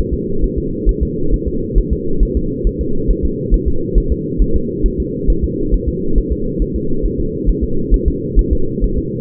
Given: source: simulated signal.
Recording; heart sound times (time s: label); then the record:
fetal heart sounds
0.13 s: S2
0.44 s: S1
0.58 s: S2
0.89 s: S1
1.03 s: S2
1.34 s: S1
1.48 s: S2
1.78 s: S1
1.93 s: S2
2.23 s: S1
2.37 s: S2
2.67 s: S1
2.81 s: S2
3.11 s: S1
3.25 s: S2
3.54 s: S1
3.68 s: S2
3.98 s: S1
4.12 s: S2
4.42 s: S1
4.56 s: S2
4.86 s: S1
5.00 s: S2
5.30 s: S1
5.44 s: S2
5.74 s: S1
5.88 s: S2
6.18 s: S1
6.32 s: S2
6.62 s: S1
6.76 s: S2
7.06 s: S1
7.20 s: S2
7.50 s: S1
7.64 s: S2
7.94 s: S1
8.08 s: S2
8.39 s: S1
8.53 s: S2
8.84 s: S1
8.99 s: S2
From the record:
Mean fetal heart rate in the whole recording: 135 bpm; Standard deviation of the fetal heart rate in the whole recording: 3 bpm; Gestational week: 36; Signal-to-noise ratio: -8.1 dB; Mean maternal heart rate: 72 bpm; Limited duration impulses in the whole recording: absent